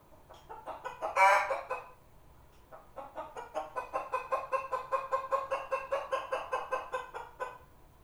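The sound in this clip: Chicken cackle: a loud raspy squawk early on, followed by a long, fast train of rhythmic clucks.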